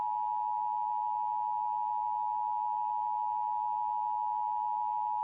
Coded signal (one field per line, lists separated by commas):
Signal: Emergency Alert System (SAME) tones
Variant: 853 and 960 Hz attention tone